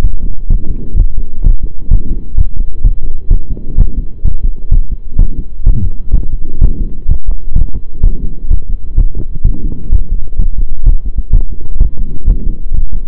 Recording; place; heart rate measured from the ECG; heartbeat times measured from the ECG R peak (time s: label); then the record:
heart sounds by stethoscope; between the tricuspid and mitral areas; 128 bpm
0.03 s: heartbeat
0.49 s: heartbeat
0.97 s: heartbeat
1.43 s: heartbeat
1.91 s: heartbeat
2.37 s: heartbeat
2.84 s: heartbeat
3.30 s: heartbeat
3.78 s: heartbeat
4.24 s: heartbeat
4.71 s: heartbeat
5.18 s: heartbeat
5.65 s: heartbeat
6.13 s: heartbeat
6.61 s: heartbeat
7.08 s: heartbeat
7.55 s: heartbeat
8.03 s: heartbeat
8.50 s: heartbeat
8.97 s: heartbeat
9.44 s: heartbeat
9.91 s: heartbeat
10.38 s: heartbeat
10.85 s: heartbeat
11.32 s: heartbeat
11.80 s: heartbeat
12.27 s: heartbeat
12.73 s: heartbeat
From the record:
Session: pedaling a stationary bicycle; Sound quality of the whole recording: saturated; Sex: male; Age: 23 years